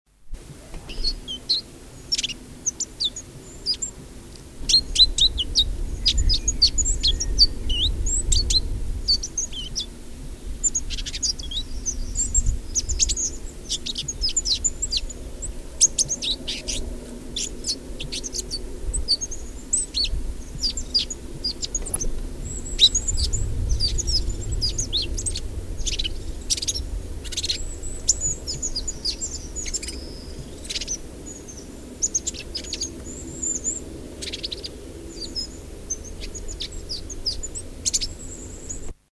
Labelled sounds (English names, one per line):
Great Tit song
Common Blackbird
Yellowhammer